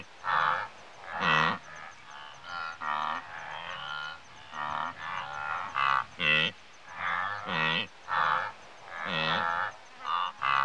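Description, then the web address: Wildebeest grunting calls, nasal harmonic honks from several animals in quick succession throughout. Several wildebeest grazing in Africa. "BBC Sound Effects Library. Africa. Wildebeest"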